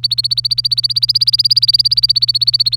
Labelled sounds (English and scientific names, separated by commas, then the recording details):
Domestic Canary (Serinus canaria) song
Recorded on 25 April 2018 at 08:44
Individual llb3